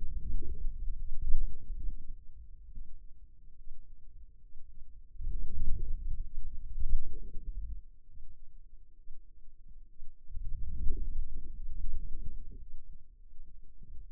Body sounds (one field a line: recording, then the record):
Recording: forearm muscle sounds (acoustic myography)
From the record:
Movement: outward rotation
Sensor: system 2, bracelet of six BSWA MPA416 microphones around the upper forearm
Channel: 5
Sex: male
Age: 22 years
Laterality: right